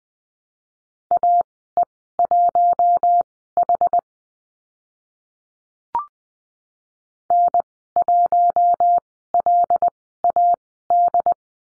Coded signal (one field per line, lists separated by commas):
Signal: Morse code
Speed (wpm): 20 wpm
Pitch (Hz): 700 Hz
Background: none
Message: AE1H N1LAD